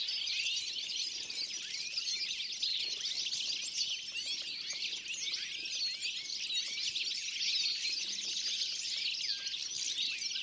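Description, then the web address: Birds calling in a dense chorus, many overlapping high chirps and quick downslurred notes running steadily throughout with no pauses. "Deverinetal"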